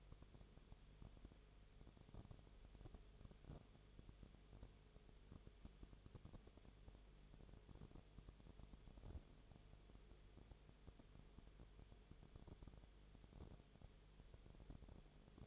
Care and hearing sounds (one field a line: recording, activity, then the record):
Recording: daily activity, microphone in the room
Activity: no activity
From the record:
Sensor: 4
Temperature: 22.0 degrees Celsius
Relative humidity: 29.6%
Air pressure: 1002.1 hPa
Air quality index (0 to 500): 60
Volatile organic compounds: 1 ppm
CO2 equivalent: 612 ppm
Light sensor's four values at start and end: 2/3/1/1 and 2/3/1/1